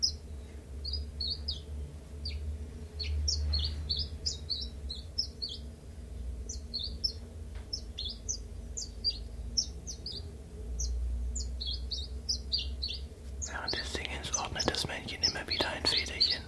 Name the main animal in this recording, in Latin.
Phylloscopus collybita